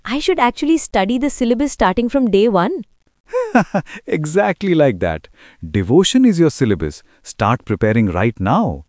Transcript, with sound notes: I should actually study the syllabus starting from Day 1?
(Laughs) Exactly like that! “Devotion” is your syllabus—start preparing right now!